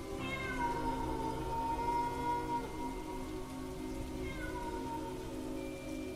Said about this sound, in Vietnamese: Ông bất thình lình, không biết từ đâu, ông nghe thấy có tiếng mèo kêu ngay bên ngoài cửa sổ. Tiếng mèo kêu văng vẳng, làm cho ông ghê hết cả người.